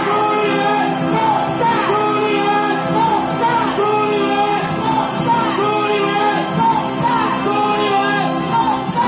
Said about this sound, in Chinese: 主持人在呼吁大家从位子上站起来，挥动着大家手上的旗子，大喊朱立伦动算。全场的气氛达到了顶点。